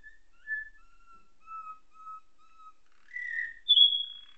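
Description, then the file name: Atlantic canary giving a series of steady, pure whistled notes at a fairly low pitch, then two louder, higher whistles at the end. Song tutored with nightingale song (isian style). "suara kenari isian nightingale"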